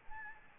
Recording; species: mosquito wingbeat signal from an infrared sensor; Aedes albopictus